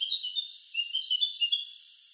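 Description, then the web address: Bird calling with a run of thin, high chirps and short twittering notes, quick and uneven, becoming quieter near the end. "Sound Effects-Foundation 1 BIRD 02 CALL 03"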